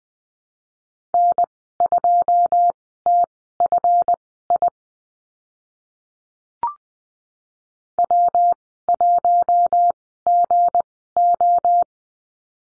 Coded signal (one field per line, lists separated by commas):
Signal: Morse code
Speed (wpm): 20 wpm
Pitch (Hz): 700 Hz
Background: none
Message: N2TFI W1GO